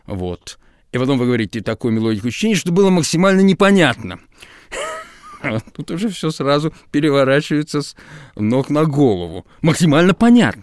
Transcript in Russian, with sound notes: И потом вы говорите про такую мелодику чтения, чтобы было максимально непонятно. (Смеется.) Тут уже всё сразу переворачивается с ног на голову — максимально понятно: